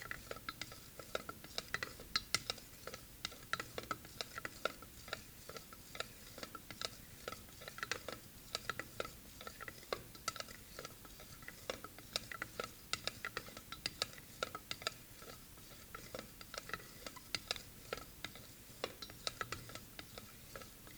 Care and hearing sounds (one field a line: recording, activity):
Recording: daily activity, guitar pickup as the sensor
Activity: fry